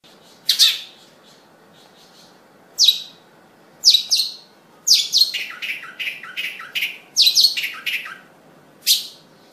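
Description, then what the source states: Long-tailed shrike song: harsh, sharp bursts of high notes spaced by short pauses, then a quicker cluster of chattering notes before a final burst. Combination song, the style named kicau kombinasi.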